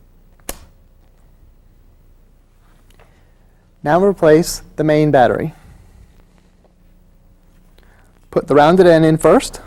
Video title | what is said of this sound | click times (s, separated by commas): IBM ThinkPad 600 Service Training VHS | Slide it in until it locks into place. | 0.5 s